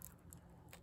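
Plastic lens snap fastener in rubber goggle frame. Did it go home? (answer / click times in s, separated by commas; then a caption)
released / 0.3 s. On WWII US Polaroid 1021 All Purpose Tanker Goggles, the rubber goggle frame is pulled away from the old plastic lens to remove it. One of the plastic lens snap fasteners pops open with a sharp snap at 0.3 seconds, releasing that side of the lens. Fainter ticks come just before and after.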